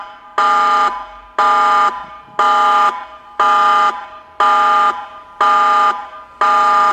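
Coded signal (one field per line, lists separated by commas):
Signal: siren signal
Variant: Meerkat electronic siren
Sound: harsh buzzing electronic siren tone pulsing on and off about once per second, seven pulses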